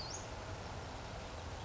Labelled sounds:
Western Flycatcher (Empidonax difficilis)
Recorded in Sonoma County, California

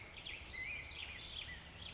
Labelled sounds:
Black-headed Grosbeak (Pheucticus melanocephalus)
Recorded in Sonoma County, California

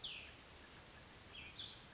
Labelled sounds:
Cassin's Vireo (Vireo cassinii)
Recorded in Sonoma County, California

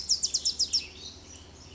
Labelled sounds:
Bewick's Wren (Thryomanes bewickii)
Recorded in Sonoma County, California

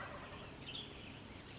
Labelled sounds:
Western Tanager (Piranga ludoviciana)
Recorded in Sonoma County, California

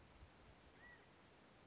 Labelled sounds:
California Quail (Callipepla californica)
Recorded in Sonoma County, California

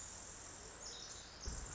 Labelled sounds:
Pacific Wren (Troglodytes pacificus)
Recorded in Sonoma County, California

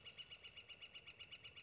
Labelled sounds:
Northern Flicker (Colaptes auratus)
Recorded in Sonoma County, California

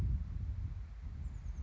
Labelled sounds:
Oak Titmouse (Baeolophus inornatus)
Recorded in Sonoma County, California

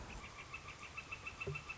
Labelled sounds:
Northern Flicker (Colaptes auratus)
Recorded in Sonoma County, California

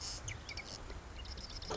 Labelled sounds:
Marsh Wren (Cistothorus palustris)
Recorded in Sonoma County, California

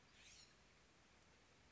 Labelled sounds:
California Scrub-Jay (Aphelocoma californica)
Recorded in Sonoma County, California

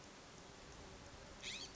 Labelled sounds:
California Scrub-Jay (Aphelocoma californica)
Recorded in Sonoma County, California

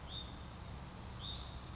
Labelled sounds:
Hutton's Vireo (Vireo huttoni)
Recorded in Sonoma County, California

